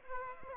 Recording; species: mosquito wingbeat signal from an infrared sensor; Aedes aegypti